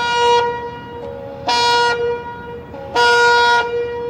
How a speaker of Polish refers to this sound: Jesteśmy na stacji kolejowej w Rzeszowie, pociąg już hamuje. Dojechaliśmy tutaj furmanką, przesiadamy się z furmanki na kolej i to koleją żelazną dojedziemy do portu w Bremie.